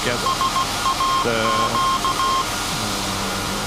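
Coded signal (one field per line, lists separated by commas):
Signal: Morse code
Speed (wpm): 16 wpm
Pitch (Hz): 1070 Hz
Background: speech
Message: SAQ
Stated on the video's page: SAQ Grimeton Alexanderson alternator transmission on Alexanderson Day, message sent after alternator startup and tuning.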